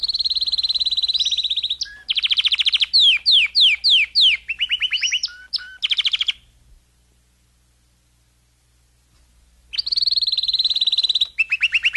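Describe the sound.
Domestic canary song: a sustained trill, a string of sharp descending sweeps and choppy notes, several seconds of silence, then trilling again.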